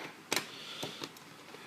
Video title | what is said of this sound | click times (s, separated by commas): Exploring Common Proof & Mint Sets For High Dollar Varieties - Identifying Types - BRSH | popped into place as a stand yeah | 0.4 s